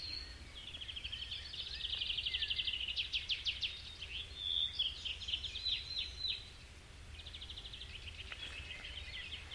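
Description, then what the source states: Birds trill and chirp in overlapping phrases, a buzzy fast rattle, sharp whistled notes and rising twitters, then softer trills at the end over a low rumble. Birds recorded in a forest.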